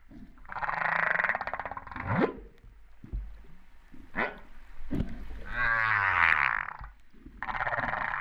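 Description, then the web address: Humpback whale song units: a long buzzy moan, sharp upward sweeps, a wavering harmonic moan, then another buzzy moan. Recorded off Réunion on 13 September 2011, about 08:35. "autres sons cetaces BB Reunion 13-09-2011"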